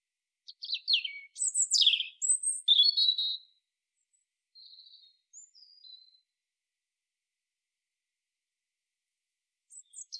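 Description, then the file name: European robin singing a short burst of high sliding notes and trills, then quieter thin whistles and a fresh phrase starting near the end. "Erithacus rubecula"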